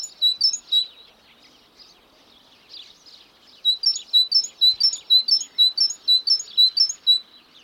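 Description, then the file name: Great tit singing: a few piercing two-syllable phrases, a lull with scattered soft high notes, then from about four seconds a steady string of evenly spaced, fast phrases. "Parus major"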